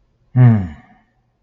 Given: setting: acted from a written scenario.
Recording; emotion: vocal sound without words; embarrassment